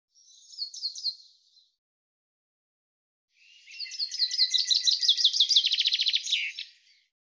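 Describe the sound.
Bird singing. A short high phrase, a pause of nearly two seconds, then a long phrase of descending notes that speeds into a rapid trill before stopping.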